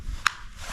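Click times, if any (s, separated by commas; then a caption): 0.3 s. A compact Bodyguard 2.0 micro .380 pistol is reholstered into a molded concealment holster, snapping in with one sharp, bright click at about 0.3 s over a quiet background. The pistol is fully seated in the holster.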